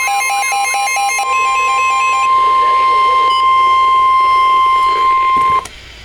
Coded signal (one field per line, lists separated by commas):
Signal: Emergency Alert System (SAME) tones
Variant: 1050 Hz attention tone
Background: speech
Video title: EAS #85 Special Marine Warning 6/30/14